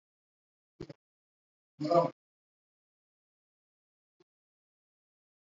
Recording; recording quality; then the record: shallow breathing; poor, much background noise or distortion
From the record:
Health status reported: COVID-19 positive, moderate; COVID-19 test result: positive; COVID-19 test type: RT-PCR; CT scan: not taken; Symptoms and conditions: cough, cold, fever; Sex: male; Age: 70 years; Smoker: no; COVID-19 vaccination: both doses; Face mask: worn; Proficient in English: no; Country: India